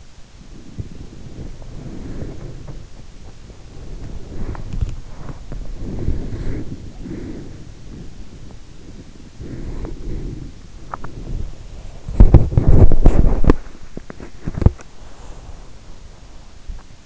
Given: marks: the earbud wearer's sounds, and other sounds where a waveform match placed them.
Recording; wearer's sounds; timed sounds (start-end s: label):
sounds in sleep by an in-ear microphone; body movement, teeth grinding, breath
0.00-17.06 s: body movement
9.75-10.00 s: teeth grinding
10.79-11.22 s: teeth grinding
14.88-16.48 s: breath